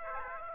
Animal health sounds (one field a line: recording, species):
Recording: mosquito wingbeat signal from an infrared sensor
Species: Aedes aegypti